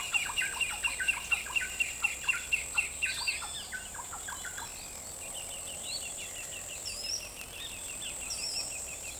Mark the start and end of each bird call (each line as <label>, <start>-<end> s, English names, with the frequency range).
Pale-legged Hornero (1.9-5.7 kHz), 0.00-3.37 s
Bicolored Wren (0.6-2.3 kHz), 0.00-4.71 s
Great Kiskadee (2.6-7.1 kHz), 3.15-3.68 s
Pale-legged Hornero (2.3-3.6 kHz), 5.24-9.19 s
Ochre-lored Flatbill (4.4-6.3 kHz), 6.82-7.20 s
Ochre-lored Flatbill (4.3-6.3 kHz), 8.26-8.64 s